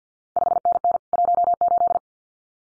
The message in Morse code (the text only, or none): 5NN 18